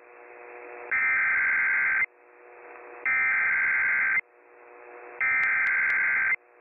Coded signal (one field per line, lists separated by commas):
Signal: Emergency Alert System (SAME) tones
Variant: header bursts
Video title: TORNADIC NIGHTMARE II: NASHVILLE'S TOR CHAOS... EAS Alerts from 12/9/23 (EAS #3,293 - 3,336)